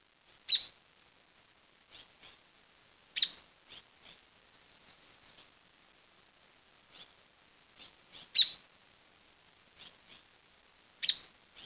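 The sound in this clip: Bird giving four sharp high chirps at uneven intervals, with fainter softer notes between, over a quiet background.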